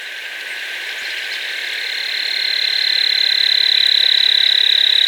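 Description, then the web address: Paramo tapaculo delivering a rapid, continuous trill that grows gradually louder throughout. In Ecuador. "Birds of Ecuador 2. Paramo Tapaculo"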